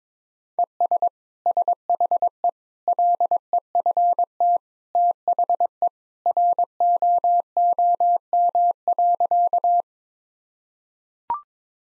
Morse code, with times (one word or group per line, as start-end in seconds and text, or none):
0.6-1.1 ES
1.5-2.5 SHE
2.9-4.6 LEFT
5.0-5.9 THE
6.3-9.8 ROOM.